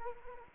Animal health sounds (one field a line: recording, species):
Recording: mosquito wingbeat signal from an infrared sensor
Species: Anopheles arabiensis